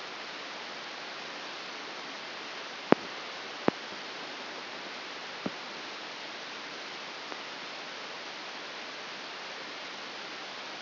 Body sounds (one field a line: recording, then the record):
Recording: brain microelectrode recording played as sound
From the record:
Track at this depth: inside the subthalamic nucleus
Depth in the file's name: 2.599 mm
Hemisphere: left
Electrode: 2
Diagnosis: Parkinson's disease